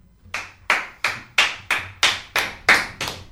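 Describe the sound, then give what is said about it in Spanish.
A studio audience claps together in a steady rhythm, about ten sharp, bright claps in just over three seconds, loud and evenly spaced, with no talking. “Aplausos en este estudio, los de detrás veo también, enfrente también.”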